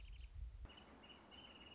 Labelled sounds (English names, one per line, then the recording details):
Wrentit
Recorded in Sonoma County, California